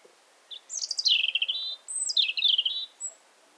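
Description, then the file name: European robin song: two high, thin phrases of rapid trills and sliding notes, each dropping from very high whistles to lower tinkling runs, then a brief high note. "Erithacus rubecula"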